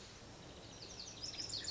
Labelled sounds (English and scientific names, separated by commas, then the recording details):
Lazuli Bunting (Passerina amoena)
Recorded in Sonoma County, California